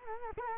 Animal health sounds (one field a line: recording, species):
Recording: mosquito wingbeat signal from an infrared sensor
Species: Culex quinquefasciatus